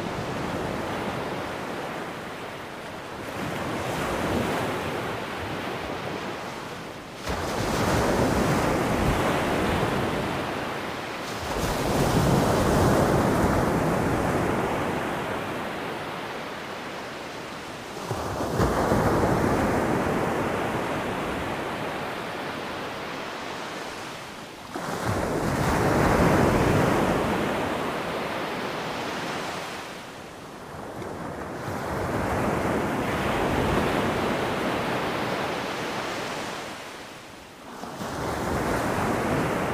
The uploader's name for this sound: Calm and Soothing Ocean Waves